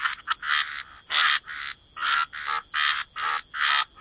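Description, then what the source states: Frogs give drawn-out, scratchy croaks in a steady sequence, backed by a soft high tone. Frog chorus.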